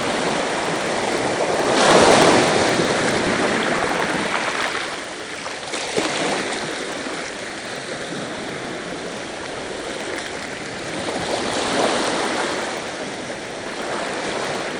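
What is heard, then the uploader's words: Ocean waves wash in a steady roar of surf, swelling into a louder rush around two seconds and again near twelve seconds. Between the surges the hiss settles lower, with a brief splash near six seconds. The sound is fairly bright. Ocean || 3D Surround Sound.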